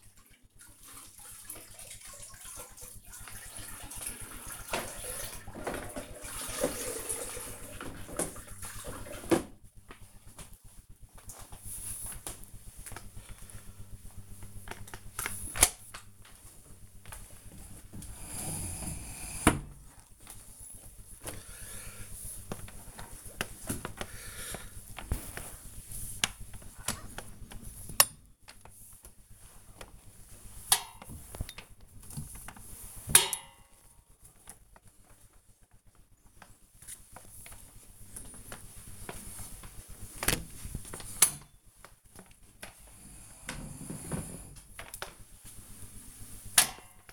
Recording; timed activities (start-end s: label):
household activities, microphone on the right wrist
0.00-47.13 s: floor cleaning